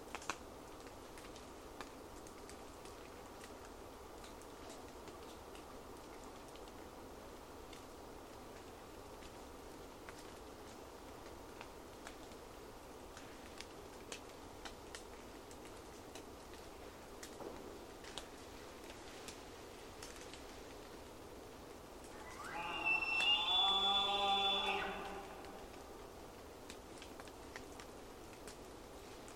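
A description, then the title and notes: A dawn soundscape in the Queets River rainforest: a steady, soft wash runs throughout, dotted with faint scattered ticks and drips. Around 23 to 25 seconds a louder, high squealing call with several layered tones rises briefly, likely from the elk, then the quiet returns. A long soundscape across Dawn in the Queets River Valley rainforest of the Olympic National Park. A small herd of Roosevelt Elk walks in from a distance, though a small forest glade, an away towards the Queets River bed. Distant traffic is funneled up the Valley.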